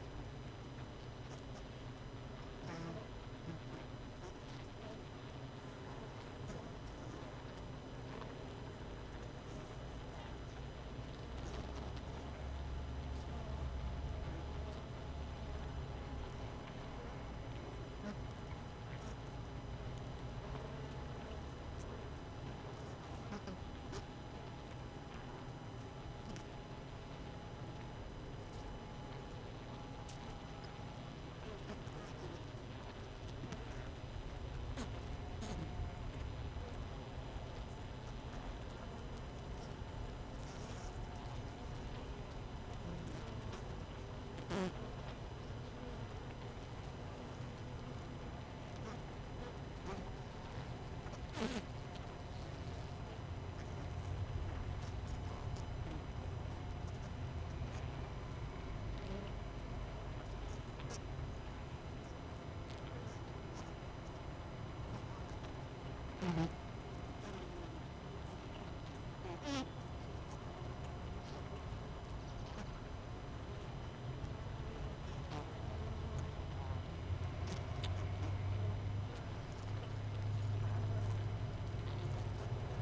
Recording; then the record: honeybee colony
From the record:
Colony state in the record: missing queen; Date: 31 May 2018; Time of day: 18:18